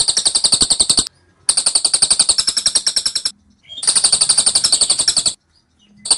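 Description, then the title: Scaly-crowned honeyeater rattling out dense strings of piercing high notes, each burst lasting one to two seconds with short pauses between them. Rapid, dense, insistent 'tembakan' (rapid-fire) song from a bird in vigorous song, used as a master training recording for Oriental magpie-robin. "Tembakan Cililin Rapat Ngotot Durasi Panjang Suara Cililin Gacor Untuk Masteran Murai Batu"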